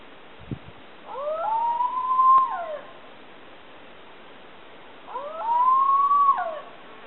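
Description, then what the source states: Dingo howling, two drawn-out mournful notes about four seconds apart, each swelling and rising slightly before dropping away, with a faint click before the first. Wild dog, compared to coyotes in America.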